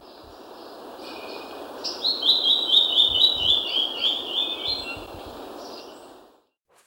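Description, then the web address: Gray-throated leaftosser song: a long, fast series of high chipping notes that slowly drops in pitch over about three seconds, over steady background noise. Recorded in Ecuador. "Birds of Ecuador 2. Gray-Throated Leaftosser"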